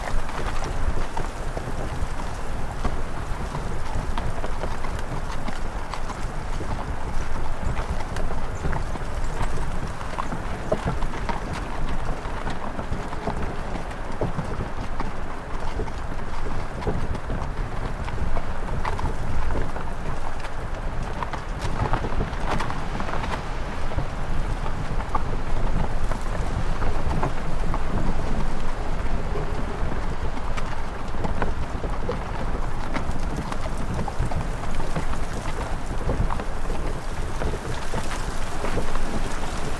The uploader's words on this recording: Country Winter Sleigh Ride. A cold wind blows outside, and a soft layer of snow is coating the ground. You're bundled up and warm in the back of your horse-drawn carriage.